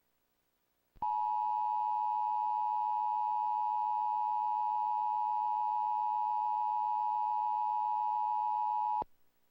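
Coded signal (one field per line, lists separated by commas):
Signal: Emergency Alert System (SAME) tones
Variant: 853 and 960 Hz attention tone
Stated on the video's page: Tornado warning received on WBAY TV and NOAA Weather Radio KIG65, Green Bay.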